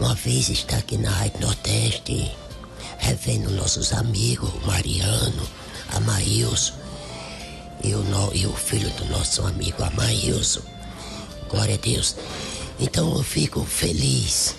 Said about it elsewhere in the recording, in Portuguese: A gente não tem essa voz bonita. Não tem cordas vocais, não tem laringe, não tem faringe.